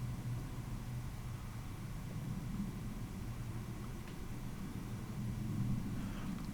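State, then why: Not seated. A tiny steel screw is driven into a watch movement plate with a screwdriver, but it cross-threads instead of running down its thread. A steady low rumble and faint hiss fill the clip with no distinct click. The screw has not seated or clicked.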